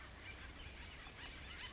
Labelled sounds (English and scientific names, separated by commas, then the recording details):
Acorn Woodpecker (Melanerpes formicivorus)
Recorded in Sonoma County, California